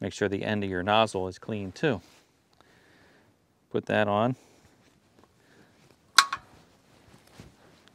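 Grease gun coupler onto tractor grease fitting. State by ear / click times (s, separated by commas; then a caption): seated / 6.2 s. Someone talks, then a metal grease gun coupler is pushed onto a grease fitting (zerk) on a Kubota B2601 tractor with an LA435 front end loader. A loud, sharp click at 6.2 s marks the coupler locking onto the fitting, followed by a few faint knocks.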